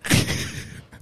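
One abrupt, forceful burst of air fading within a second: a single adult sneeze.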